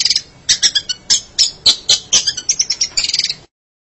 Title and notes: Suara burung pentet